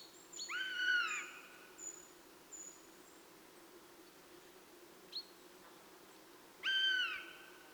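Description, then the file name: Eurasian jay producing a falling, harmonic mew near the start and another near the end, with thin high whistles and a short chip between them. "Garrulus glandarius"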